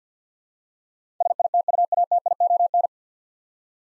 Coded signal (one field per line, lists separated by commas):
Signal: Morse code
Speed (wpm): 50 wpm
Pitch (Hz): 700 Hz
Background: none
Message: SITUATION